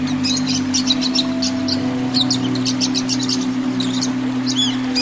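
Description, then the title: Oriental magpie-robin singing rapid, scratchy high notes and chirps in tight runs, with a brief curved whistle near the end, against a persistent low electrical hum. "Kicau Kacer"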